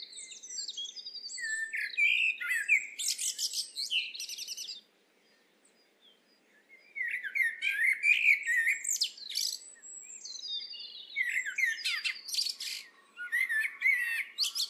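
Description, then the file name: Eurasian blackbird song: bursts of fluty warbling mixed with shrill twittering notes, with a silent pause of a second or two partway through. "Turdus merula"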